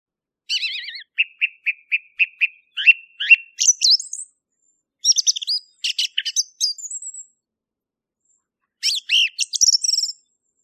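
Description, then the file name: Song thrush song: clear whistled and chirpy phrases, one short note repeated several times in quick succession, then varied fluty and scratchy motifs separated by brief pauses. Recorded in 2017. "Tordo bottaccio 2017"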